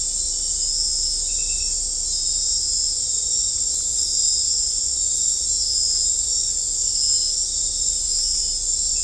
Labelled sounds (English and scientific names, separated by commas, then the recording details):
none
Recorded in dense forest near Puerto Asís, Putumayo, Colombia, on 18 December 2024 at 19:30
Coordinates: 0.500, -76.322
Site G053